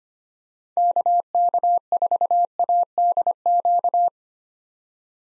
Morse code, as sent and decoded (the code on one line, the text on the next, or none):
-.- -.- ....- .- -.. --.-
KK4ADQ